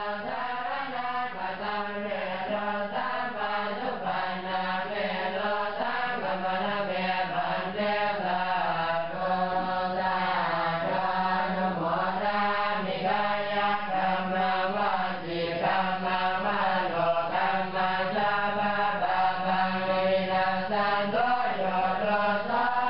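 Monks chant together at evening prayer, a steady, dense blend of low voices holding and sliding tones without pause, slightly muffled.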